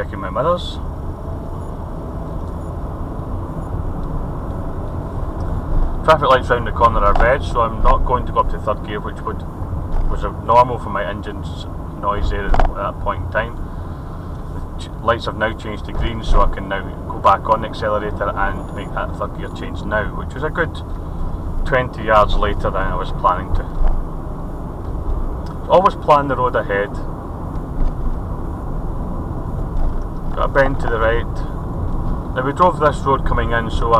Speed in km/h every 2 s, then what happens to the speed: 29, 34, 37, 32, 29, 27, 27, 26, 29, 32, 31, 32, 35, 39, 39, 39, 37.
0-5 speeds up to 37. 5-8 slows to 29. 8-14 steady at about 27. 14-17 speeds up to 32. 21-26 speeds up to 39. 26-34 steady at about 39.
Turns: none.